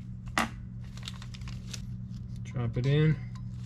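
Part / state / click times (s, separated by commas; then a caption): valve tappet bucket into cylinder head bore / not seated / none. A second valve tappet bucket is handled over its bore in the cylinder head of a Suzuki DRZ400 during shim clearance work. A sharp handling sound comes at 0.4 s, followed by light ticks between about 1.0 and 1.7 s, and then someone talks. The clip ends before the bucket drops into its bore, so nothing has seated yet.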